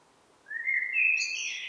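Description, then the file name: Eurasian blackbird song: a short rising whistled phrase, smooth and mellow, finishing in a thin, high twitter. "Turdus merula"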